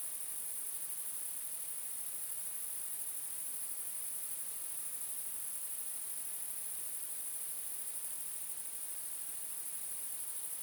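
Bush crickets keep up a continuous, thin, high-pitched shimmering buzz, even in level from start to finish.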